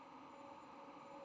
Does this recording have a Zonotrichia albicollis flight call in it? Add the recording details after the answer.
no. No flight call is heard. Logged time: 22:26 on 16 November 2014